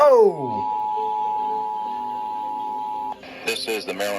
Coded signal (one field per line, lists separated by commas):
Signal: Emergency Alert System (SAME) tones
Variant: 853 and 960 Hz attention tone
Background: speech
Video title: Tests And Alerts - EAS 1145 - 1239-